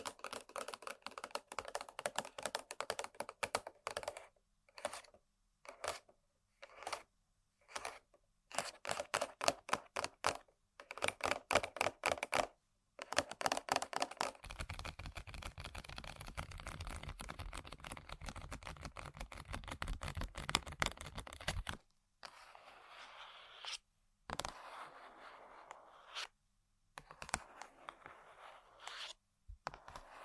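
Quick clicking taps on objects come in bursts with short silences, then a denser scratching stretch with low rumble from about 14 to 22 seconds.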